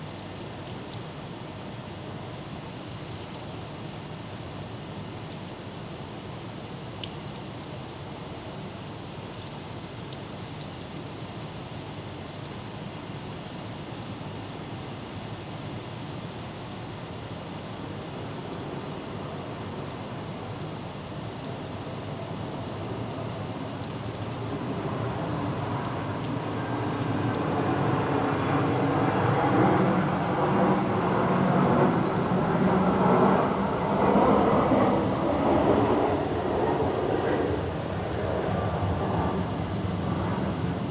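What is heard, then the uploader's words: Light rain fizzes steadily outside an office window, a soft even hiss across the whole clip. From about 24 seconds a low rumbling swell builds and grows louder, likely an aeroplane passing overhead, peaking near 33 seconds before easing slightly. Faint high chirps appear occasionally. Office Window, Rain, Vase ~ Leeds, UK. The sounds of light summer rain from an office window. Field recording by oliver thurley , summer 2018. Through the fizzing droplets of rain, we hear snippets of conversation, birds, building works, and at one point, an aeroplane.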